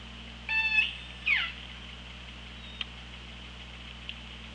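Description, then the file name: Orca calls underwater: a harmonic call followed by a brief downward sweep, then only hiss with a couple of faint clicks. OrcaLab hydrophone, 24 August 2017, 15:53:33. "Orca Lab JASON 20170824 155333"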